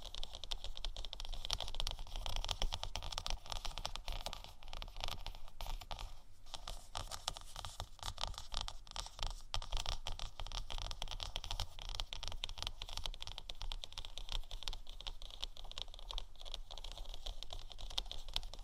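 Gentle scratching and tapping on faux leather forms a dense, fast, steady stream of small clicks and scrapes, with a brief pause near six seconds.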